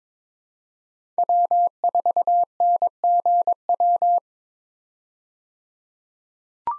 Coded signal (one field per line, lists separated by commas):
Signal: Morse code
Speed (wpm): 21 wpm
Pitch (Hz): 700 Hz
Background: none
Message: W4NGW